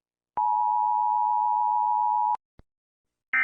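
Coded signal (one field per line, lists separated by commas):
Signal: Emergency Alert System (SAME) tones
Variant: 853 and 960 Hz attention tone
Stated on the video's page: Fictional entertainment scenario using valid EAS tones.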